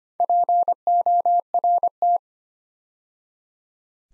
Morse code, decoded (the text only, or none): PORT